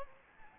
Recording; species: mosquito wingbeat signal from an infrared sensor; Anopheles gambiae